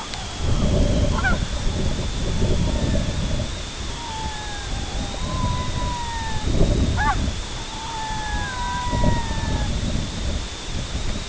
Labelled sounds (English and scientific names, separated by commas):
unidentified sound, Red-throated Loon (Gavia stellata)